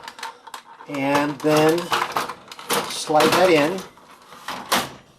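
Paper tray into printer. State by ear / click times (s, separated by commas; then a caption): seated / 4.5 s, 4.7 s. Paper tray three is slid into an HP LaserJet 5si/8000/8100/8150 printer while someone talks, with short scraping knocks as it goes in. It snaps into place with two clicks at 4.5 and 4.7 seconds, fully seated.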